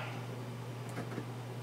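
A replacement macro lens cover is being worked by hand onto the lens mount of a GoPro Hero 9 action camera, and it takes some force to lock into place. A steady low hum runs throughout, with faint scraping and light ticking handling noises around 0.9 to 1.2 seconds. Nothing has seated or clicked yet.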